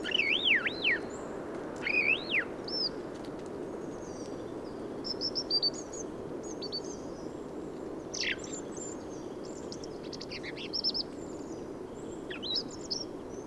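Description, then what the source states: Song thrush song: looping whistled phrases at the start, then quieter scattered high notes against a steady background hiss. Recorded 15 November 2020 in Forêt de Valdrôme, France, in autumn, with a Nagra Seven and Telinga Pro7 parabola; an autumnal improvised song, thrushes staying for abundant whitebeam and rowan fruit.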